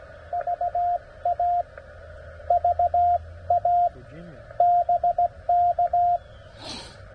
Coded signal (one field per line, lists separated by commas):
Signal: Morse code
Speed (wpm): 17 wpm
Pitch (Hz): 700 Hz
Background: radio noise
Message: VA VA BK